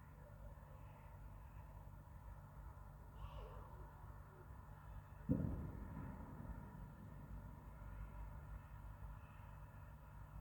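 New Year's Eve fireworks: a steady low rumble throughout, faint whistles near three seconds, and one sharp bang around five seconds that slowly fades.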